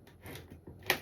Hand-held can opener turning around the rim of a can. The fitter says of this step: you hear that click and then you can go back a quarter of a turn open up the arms